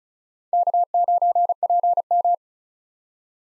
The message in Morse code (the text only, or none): K9PM